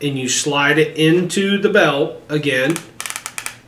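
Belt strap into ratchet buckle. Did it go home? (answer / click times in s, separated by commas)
yes / 3.1 s, 3.2 s, 3.3 s, 3.4 s, 3.5 s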